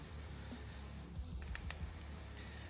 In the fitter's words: There we go. I heard a audible click on that one.